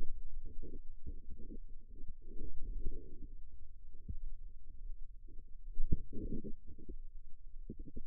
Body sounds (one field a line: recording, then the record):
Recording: forearm muscle sounds (acoustic myography)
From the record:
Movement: radial deviation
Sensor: system 2, bracelet of six BSWA MPA416 microphones around the upper forearm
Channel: 2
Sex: female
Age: 23 years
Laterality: right